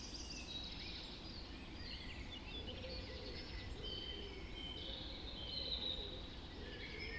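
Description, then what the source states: Dawn chorus of many overlapping birds, a mix of high whistles, trills and chirps singing continuously, with steady low background rumble. Dawn chorus recorded just after dawn in the Forest of Dean.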